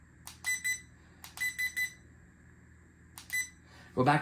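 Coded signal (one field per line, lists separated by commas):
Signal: none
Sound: a drone's status beeps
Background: speech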